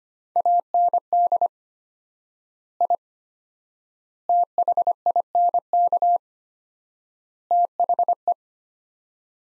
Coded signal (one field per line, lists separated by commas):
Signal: Morse code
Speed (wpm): 25 wpm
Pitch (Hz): 700 Hz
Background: none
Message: AND I THINK THE